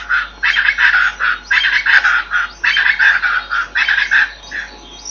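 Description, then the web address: Chaco chachalaca calls, a loud harsh series of rhythmic raspy notes in repeated bursts of about a second. "cantos charata"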